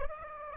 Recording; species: mosquito wingbeat signal from an infrared sensor; Aedes aegypti